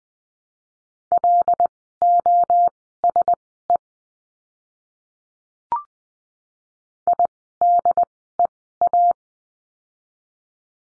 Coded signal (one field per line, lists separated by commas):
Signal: Morse code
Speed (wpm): 20 wpm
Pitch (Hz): 700 Hz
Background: none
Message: LOSE IDEA